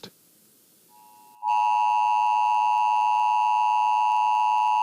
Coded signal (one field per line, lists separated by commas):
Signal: Emergency Alert System (SAME) tones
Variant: 853 and 960 Hz attention tone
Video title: [EAS] Idaho EBS Test Alert, 1982